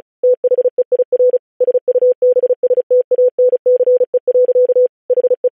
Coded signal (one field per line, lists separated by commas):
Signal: Morse code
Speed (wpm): 36 wpm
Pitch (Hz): 500 Hz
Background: none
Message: THEIR SUBSTANCE. HE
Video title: July 4, 1776. The Declaration of the thirteen united States of America in Morse Code